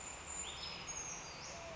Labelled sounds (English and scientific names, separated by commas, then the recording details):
Brown Creeper (Certhia americana)
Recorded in Sonoma County, California